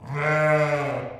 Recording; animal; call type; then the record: contact call of a hoofed animal; sheep; low-frequency (closed-mouth) or high-frequency (open-mouth) call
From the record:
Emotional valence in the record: negative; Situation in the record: short social isolation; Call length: 1.20 s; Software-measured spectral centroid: 1680 Hz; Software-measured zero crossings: 1580 a second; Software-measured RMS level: -23 dBFS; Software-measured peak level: -8 dBFS